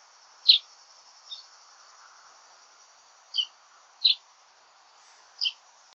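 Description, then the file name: Common chaffinch, several crisp short calls at irregular intervals, with a constant high insect-like buzz behind. "Fringilla coelebs"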